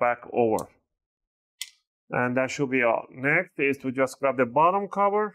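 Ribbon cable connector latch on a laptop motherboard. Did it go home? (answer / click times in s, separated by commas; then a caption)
yes / 1.6 s. A ribbon cable is pushed into its connector on an ASUS X509M/X509MA laptop motherboard with the fingers, and the plastic locking block is flipped back over. It latches with a single sharp click at 1.6 s, and the flap is closed and seated. Someone talks before and after the click.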